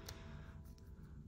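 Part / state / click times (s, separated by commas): action figure leg onto hip ball joint / not seated / none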